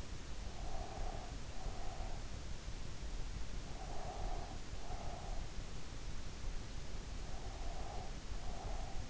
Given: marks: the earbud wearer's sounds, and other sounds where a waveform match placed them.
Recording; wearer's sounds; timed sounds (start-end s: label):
sounds in sleep by an in-ear microphone; breath
0.70-2.23 s: breath
3.86-5.53 s: breath
7.34-9.10 s: breath